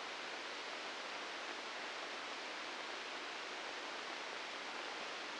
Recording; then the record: brain microelectrode recording played as sound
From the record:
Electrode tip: inside the subthalamic nucleus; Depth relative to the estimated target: -2 mm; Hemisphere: right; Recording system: NeuroSet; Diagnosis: Parkinson's disease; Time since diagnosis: 9 years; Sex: female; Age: 51 years